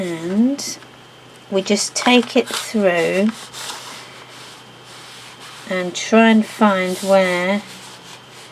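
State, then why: Not seated. A magnet threaded into a paper-craft photo mat closure on a paper mini album flap is handled and guided toward its mating magnet on the album page while someone talks, with faint rustling between the words. The magnetic closure has not snapped shut yet; nothing has seated or clicked.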